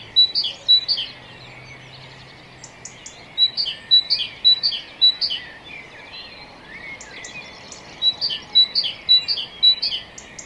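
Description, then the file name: Great tit calling in short runs of high, sharp two-note phrases, separated by pauses, with a faint low hum early on. "Parus major"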